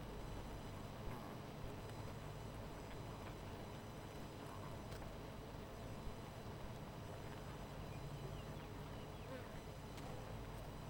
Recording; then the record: honeybee colony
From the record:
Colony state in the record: missing queen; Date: 14 July 2017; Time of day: 18:33